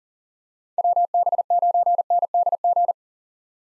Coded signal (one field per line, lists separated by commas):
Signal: Morse code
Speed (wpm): 39 wpm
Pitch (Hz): 700 Hz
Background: none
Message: WB9NDG